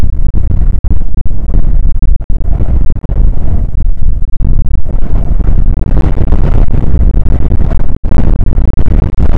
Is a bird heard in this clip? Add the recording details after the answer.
no. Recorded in the Prudhoe Bay oil fields, Alaska, on 29 May 2019 at 00:05. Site 25